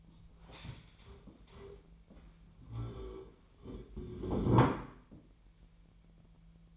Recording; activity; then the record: daily activity, microphone in the room; stand up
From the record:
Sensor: 1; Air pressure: 1001.7 hPa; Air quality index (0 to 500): 247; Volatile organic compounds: 119 ppm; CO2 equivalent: 3868 ppm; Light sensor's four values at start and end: 14/35/14/16 and 15/37/16/18